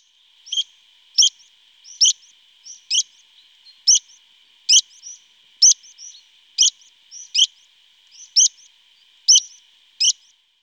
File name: Pipit Des Arbres - Tree Pipit